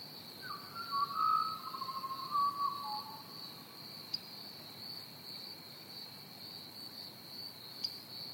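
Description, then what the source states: Pied Butcherbird song: a few clear fluted whistles gliding and stepping downward over about three seconds, with a steady high cricket trill throughout. With crickets chirping.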